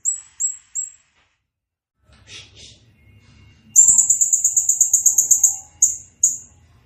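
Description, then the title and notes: Bird song opening with three short high whistles, a soft buzzy patch, then a long rapid trill of repeated bright notes and two final whistles. Bird ringtone (nada dering) with a melodious voice. "Burung Dengan Suara Merdu"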